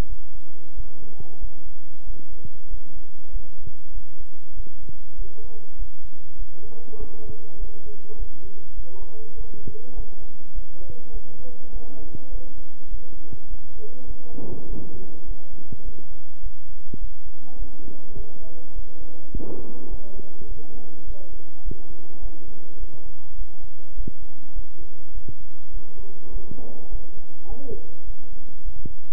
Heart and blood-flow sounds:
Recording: heart sounds by stethoscope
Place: between the tricuspid and mitral areas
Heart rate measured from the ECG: 101 bpm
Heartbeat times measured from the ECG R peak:
0.07 s: heartbeat
0.75 s: heartbeat
1.39 s: heartbeat
2.05 s: heartbeat
2.68 s: heartbeat
3.31 s: heartbeat
3.92 s: heartbeat
4.55 s: heartbeat
5.16 s: heartbeat
5.77 s: heartbeat
6.37 s: heartbeat
6.98 s: heartbeat
7.58 s: heartbeat
8.17 s: heartbeat
8.74 s: heartbeat
9.36 s: heartbeat
9.94 s: heartbeat
10.53 s: heartbeat
11.11 s: heartbeat
11.71 s: heartbeat
12.30 s: heartbeat
12.89 s: heartbeat
13.48 s: heartbeat
14.05 s: heartbeat
14.67 s: heartbeat
15.26 s: heartbeat
15.83 s: heartbeat
16.41 s: heartbeat
16.99 s: heartbeat
17.57 s: heartbeat
18.15 s: heartbeat
18.74 s: heartbeat
19.31 s: heartbeat
19.89 s: heartbeat
20.47 s: heartbeat
21.05 s: heartbeat
21.63 s: heartbeat
22.20 s: heartbeat
22.78 s: heartbeat
23.36 s: heartbeat
23.95 s: heartbeat
24.54 s: heartbeat
25.12 s: heartbeat
25.72 s: heartbeat
26.31 s: heartbeat
26.89 s: heartbeat
27.47 s: heartbeat
28.05 s: heartbeat
28.63 s: heartbeat
From the record:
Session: bicycle stress test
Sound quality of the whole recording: good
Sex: male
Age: 26 years

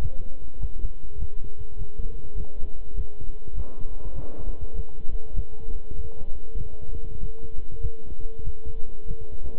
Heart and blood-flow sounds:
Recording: heart sounds by stethoscope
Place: between the tricuspid and mitral areas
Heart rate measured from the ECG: 99 bpm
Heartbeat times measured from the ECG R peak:
0.59 s: heartbeat
1.17 s: heartbeat
1.76 s: heartbeat
2.35 s: heartbeat
2.94 s: heartbeat
3.53 s: heartbeat
4.13 s: heartbeat
4.73 s: heartbeat
5.33 s: heartbeat
5.93 s: heartbeat
6.55 s: heartbeat
7.18 s: heartbeat
7.80 s: heartbeat
8.42 s: heartbeat
9.05 s: heartbeat
From the record:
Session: walking at 3.7 km/h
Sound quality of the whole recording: good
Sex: male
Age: 26 years

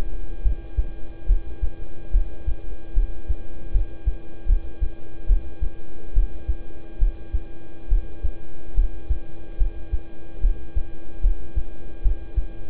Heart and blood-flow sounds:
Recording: heart sounds by stethoscope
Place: between the tricuspid and mitral areas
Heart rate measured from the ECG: 72 bpm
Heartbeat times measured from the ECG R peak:
0.42 s: heartbeat
1.26 s: heartbeat
2.11 s: heartbeat
2.94 s: heartbeat
3.71 s: heartbeat
4.46 s: heartbeat
5.26 s: heartbeat
6.13 s: heartbeat
6.98 s: heartbeat
7.88 s: heartbeat
8.74 s: heartbeat
9.57 s: heartbeat
10.41 s: heartbeat
11.21 s: heartbeat
12.02 s: heartbeat
From the record:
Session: rest, lying down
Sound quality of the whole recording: good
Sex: male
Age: 26 years

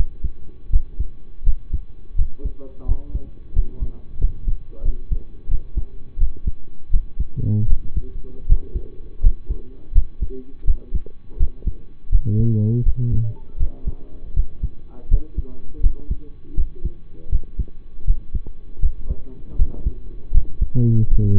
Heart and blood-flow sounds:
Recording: heart sounds by stethoscope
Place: between the tricuspid and mitral areas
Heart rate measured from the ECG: 82 bpm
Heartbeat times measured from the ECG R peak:
0.70 s: heartbeat
1.43 s: heartbeat
2.15 s: heartbeat
2.85 s: heartbeat
3.53 s: heartbeat
4.18 s: heartbeat
4.82 s: heartbeat
5.48 s: heartbeat
6.18 s: heartbeat
6.90 s: heartbeat
7.67 s: heartbeat
8.46 s: heartbeat
9.20 s: heartbeat
9.92 s: heartbeat
10.64 s: heartbeat
11.37 s: heartbeat
12.09 s: heartbeat
12.83 s: heartbeat
13.57 s: heartbeat
14.33 s: heartbeat
15.08 s: heartbeat
15.80 s: heartbeat
16.54 s: heartbeat
17.29 s: heartbeat
18.04 s: heartbeat
18.80 s: heartbeat
19.56 s: heartbeat
20.31 s: heartbeat
21.08 s: heartbeat
From the record:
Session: rest, lying down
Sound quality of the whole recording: partially saturated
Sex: male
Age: 25 years

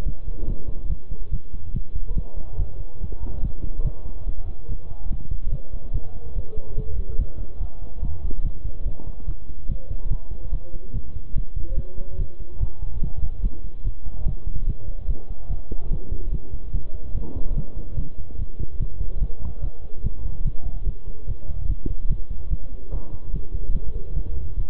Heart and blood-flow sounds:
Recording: heart sounds by stethoscope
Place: between the tricuspid and mitral areas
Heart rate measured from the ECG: 144 bpm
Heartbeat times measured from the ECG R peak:
0.06 s: heartbeat
0.48 s: heartbeat
0.90 s: heartbeat
1.32 s: heartbeat
1.74 s: heartbeat
2.16 s: heartbeat
2.59 s: heartbeat
3.01 s: heartbeat
3.43 s: heartbeat
3.85 s: heartbeat
4.27 s: heartbeat
4.69 s: heartbeat
5.11 s: heartbeat
5.52 s: heartbeat
5.94 s: heartbeat
6.36 s: heartbeat
6.78 s: heartbeat
7.19 s: heartbeat
7.61 s: heartbeat
8.03 s: heartbeat
8.44 s: heartbeat
8.86 s: heartbeat
9.28 s: heartbeat
9.69 s: heartbeat
10.11 s: heartbeat
10.53 s: heartbeat
10.94 s: heartbeat
11.36 s: heartbeat
11.77 s: heartbeat
12.19 s: heartbeat
12.61 s: heartbeat
13.02 s: heartbeat
13.43 s: heartbeat
13.85 s: heartbeat
14.26 s: heartbeat
14.67 s: heartbeat
15.09 s: heartbeat
15.50 s: heartbeat
15.91 s: heartbeat
16.33 s: heartbeat
16.74 s: heartbeat
17.15 s: heartbeat
17.56 s: heartbeat
17.98 s: heartbeat
18.39 s: heartbeat
18.80 s: heartbeat
19.21 s: heartbeat
19.63 s: heartbeat
20.04 s: heartbeat
20.45 s: heartbeat
20.86 s: heartbeat
21.28 s: heartbeat
21.69 s: heartbeat
22.10 s: heartbeat
22.51 s: heartbeat
22.93 s: heartbeat
23.34 s: heartbeat
23.75 s: heartbeat
24.16 s: heartbeat
24.57 s: heartbeat
From the record:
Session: bicycle stress test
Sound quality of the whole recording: good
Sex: male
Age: 23 years

